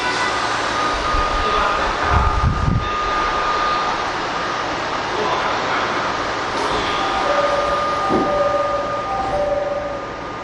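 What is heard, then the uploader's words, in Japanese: Steady rumble of a commuter train in motion, with a thin whine holding throughout. Heavy low thumps come around two to three seconds in, and mid-pitched motor tones rise and shift in the last few seconds as the noise eases slightly. TWR70-000形 埼京線快速01 新木場～赤羽。209系と同じオリジナルのインバータ音だった、TWR70-000形”埼京線快速”を収録したものです。収録年月:2010,06。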